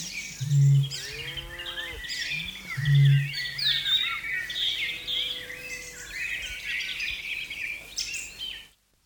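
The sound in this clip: Australasian bittern call: two deep, hollow booms, each preceded by a soft intake, with bright chattering and whistling birds throughout.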